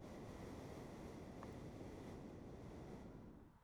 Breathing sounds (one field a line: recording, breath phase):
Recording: one breath near a microphone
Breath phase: exhalation